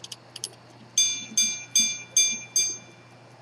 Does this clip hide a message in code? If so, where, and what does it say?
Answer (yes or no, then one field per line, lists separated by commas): no